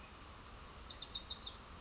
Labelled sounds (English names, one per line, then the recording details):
Bewick's Wren
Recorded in Sonoma County, California